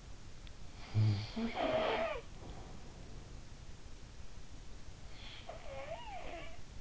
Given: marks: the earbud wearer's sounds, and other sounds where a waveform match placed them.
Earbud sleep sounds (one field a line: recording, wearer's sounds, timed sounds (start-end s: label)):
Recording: sounds in sleep by an in-ear microphone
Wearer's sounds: snoring breath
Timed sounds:
0.59-2.78 s: snoring breath
5.23-6.73 s: snoring breath